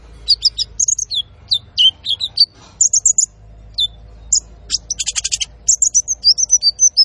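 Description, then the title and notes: Van Hasselt's sunbird singing thin high chips and slurred whistles in fast irregular runs, with a brief dense buzzy cluster in the second half. Masteran training recording for cage birds, also used as a lure; full song with fills (isian) and rapid bursts (tembakan); bird singing vigorously (gacor). "MASTERAN KOLIBRI NINJA FULL ISIAN DAN TEMBAKAN COCOK BUAT PANCINGAN. Suara Burung Kolibri Ninja Gacor"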